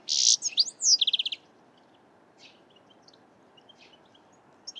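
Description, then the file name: European goldfinch: a loud opening burst of harsh, buzzy notes and a quick rattling trill, then only faint scattered twitters for the rest. "Carduelis carduelis"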